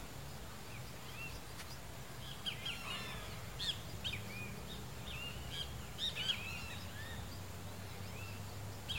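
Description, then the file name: Rusty-margined flycatcher song of looping, whiny whistled notes in short groups after a quiet start, against low droning background noise. "canto do bentevizinho de asa ferruginea"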